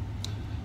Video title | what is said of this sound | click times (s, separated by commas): March 2018 NOCC News | you'll feel it click, okay? | 0.2 s